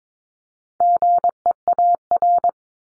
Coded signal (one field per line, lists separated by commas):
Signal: Morse code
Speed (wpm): 22 wpm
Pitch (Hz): 700 Hz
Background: none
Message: GEAR